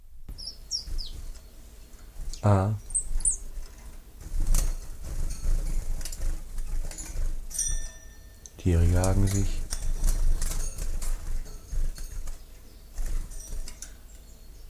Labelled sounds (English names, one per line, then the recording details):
Common Chiffchaff
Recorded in captivity
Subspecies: collybita
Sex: pair
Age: adult
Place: Zoologisches Institut Universität Tübingen, Baden-Württemberg, DE
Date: 1963-04-01
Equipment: LGS26
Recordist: Schneider, Hans-Joachim